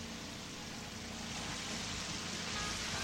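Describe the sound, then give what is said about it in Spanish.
Shower water runs in a scene from the film Psycho (Psicosis), a steady, unbroken hiss of spray, a dense wash of sound with no voices, holding at an even level for the whole few seconds. “Escucha la ducha.”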